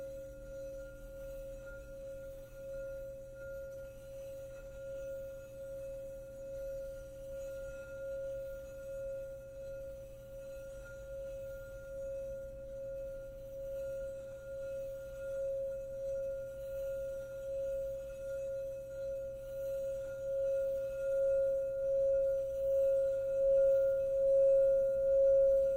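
A crystal singing bowl sustains one pure, steady tone with faint higher overtones, its volume pulsing gently and swelling louder toward the end.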